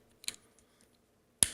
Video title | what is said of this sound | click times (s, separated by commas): Nemesis Reviews Transformers Titans Return Twinferno & Daburu | move these foot legs for art for it and then move it back and this will click into place real good you'll know when it's in place and then | 1.4 s